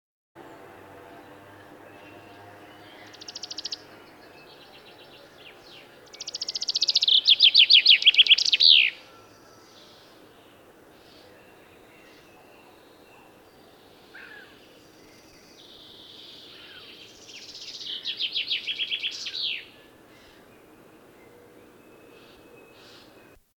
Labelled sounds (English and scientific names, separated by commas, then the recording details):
Common Chaffinch (Fringilla coelebs) song
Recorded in the wild
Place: Putbus, Insel Rügen, Mecklenburg-Vorpommern, DE
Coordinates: 54.355, 13.467
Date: 1975-06-01
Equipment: Nagra III BH, Sennheiser MD 21, parabola
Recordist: Schubert, Michael
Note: Gesang Buchfink